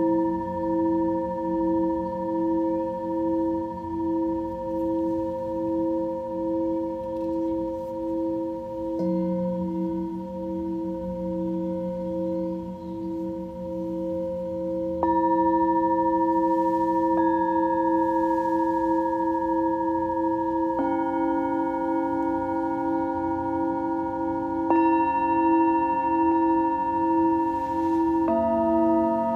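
Singing bowls ring in long, sustained tones that overlap and shimmer with a slow, steady wavering. New bowls are struck about every five or six seconds, near 9, 15, 21 and 25 seconds, each adding a fresh bright tone as the earlier ones keep humming underneath.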